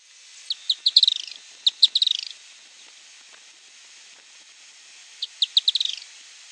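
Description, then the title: Firewood-gatherer calls: a burst of sharp high notes that speed up into a quick stuttering run, a second burst after a short pause, then a final series near the end. "LuckyPassaro Completos2Sama. Firewood-gatherer (Anumbius annumbi)"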